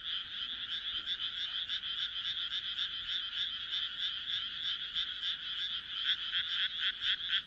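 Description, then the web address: Frog chorus of fast, overlapping croaks, a continuous pulsing rattle that grows more distinct near the end. "kaeru kaeru"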